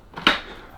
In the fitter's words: so we're going to be sliding it in like so and it just locks into place